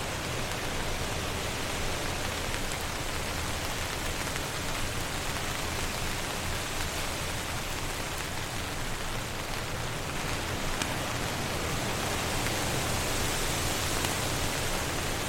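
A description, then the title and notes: Rain patters steadily on a tarp, a dense, even hiss of fine drops that holds level for the whole stretch. Wind adds a low, constant rumble underneath, and a few faint brighter ticks come through near the end, like small crackles. Rain on a Tarp in High Wind with a Crackling Fire. Relax to the sound of camping in the woods under a tarp. High winds blowing through the trees, rainfall on the tarp above keeping the hammock and crackling campfire dry and protected.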